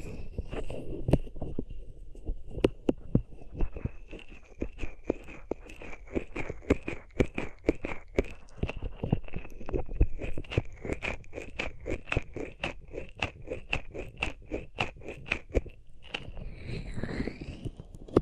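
Hands rub over the ears close up, with no talking. Dense, crackly scratching and quick sharp taps run steadily the whole time over a soft low rumble and a faint thin high tone. Near the end, around sixteen seconds, a brief whooshing swell rises.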